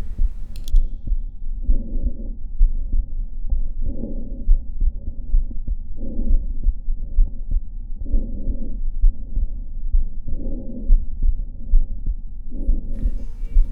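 Heart by stethoscope at the aortic point in a 17-year-old, with a quiet, easily missed systolic murmur raising suspicion of aortic valve pathology, a pathological rather than innocent murmur.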